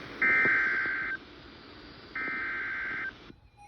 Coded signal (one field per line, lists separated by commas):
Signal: Emergency Alert System (SAME) tones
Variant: header bursts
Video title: Severe Thunderstorm Warning on WXJ91 (EAS #51)